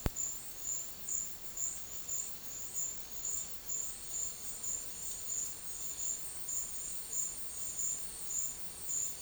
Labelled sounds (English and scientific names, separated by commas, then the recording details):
none
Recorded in secondary vegetation near Puerto Asís, Putumayo, Colombia, on 4 March 2025 at 13:00
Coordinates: 0.499, -76.323
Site G094